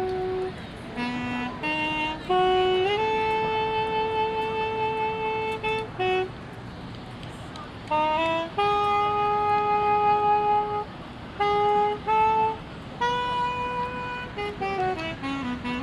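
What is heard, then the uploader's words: A walk around Lake Eola Park, with a bright, reedy tooting melody: short stepped notes rising and falling, broken by long held tones around 3–6, 8–11 and 13–15 seconds. A steady low hum of traffic runs underneath throughout. A Walk Around Lake Eola Park (Orlando, Florida).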